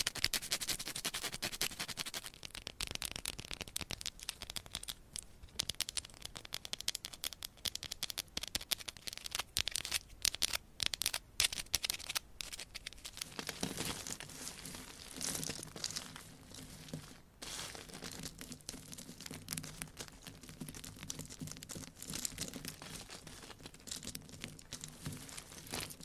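Dense tapping and scratching runs without a break for the whole stretch, a bright, papery crackle of quick, irregular strokes and clicks. Around the midpoint the texture shifts, with a low steady hum joining beneath the scratching, and a brief gap comes near seventeen seconds.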